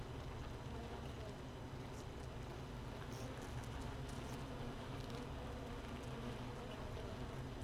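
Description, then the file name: Honey bees droning inside a hive, a constant low buzz with scattered faint high ticks and taps. Hive 1 with no queen, recorded 31 May 2018 at 15:30. "Hive 1 31 05 2018 NO Queen Bee H 1"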